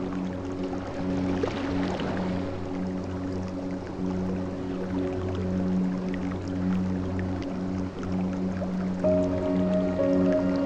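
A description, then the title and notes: Music with ocean and jungle sounds: sustained low tones hum steadily beneath a wash of water, a brief swell near two seconds, brighter notes later. Sleep Music With Ocean and Jungle Sounds – Relaxing Blue Screen Scene – Ocean and Full Moon.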